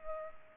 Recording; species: mosquito wingbeat signal from an infrared sensor; Culex pipiens